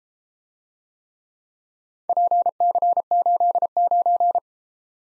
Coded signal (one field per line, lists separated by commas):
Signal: Morse code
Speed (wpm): 33 wpm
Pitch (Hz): 700 Hz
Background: none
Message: PC89